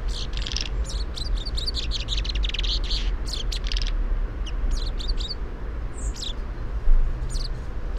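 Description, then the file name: Common chaffinch calls: fast, crowded twittering chirps at first, thinning to sparse single notes later, over a constant low rumble. "Fringilla coelebs"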